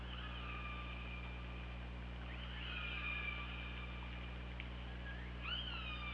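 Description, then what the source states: Killer whale calls in a series of long level and bending tones with harmonics, a dipping call midway and a rising-falling one near the end, over low hum. OrcaLab hydrophone, 24 August 2017, 21:26.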